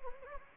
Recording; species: mosquito wingbeat signal from an infrared sensor; Anopheles gambiae